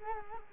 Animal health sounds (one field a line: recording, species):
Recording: mosquito wingbeat signal from an infrared sensor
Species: Culex quinquefasciatus